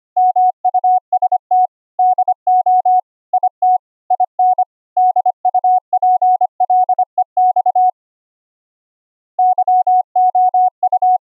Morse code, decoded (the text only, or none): MUST DO IT IN DUPLEX YOU